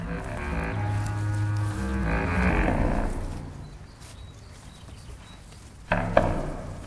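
Ewes bleat in a completely open pasture near the Vercors on a mixed crop-livestock farm: long, low, wavering calls overlap through the first half, then fade to a quiet outdoor background before a short, louder burst of sound near the end.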